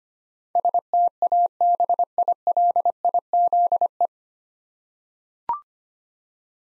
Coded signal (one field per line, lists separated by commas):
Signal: Morse code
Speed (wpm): 25 wpm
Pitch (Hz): 700 Hz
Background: none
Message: STABILIZE